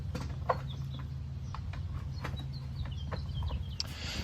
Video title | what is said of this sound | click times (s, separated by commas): How to Repair a Crashed Car at Home - Save Thousands on Auto Body Work | These things are snapped into place back here. | 0.5 s, 3.8 s